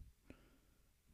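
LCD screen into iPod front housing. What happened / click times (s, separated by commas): The small display panel pressed down and seated in its housing / 0.3 s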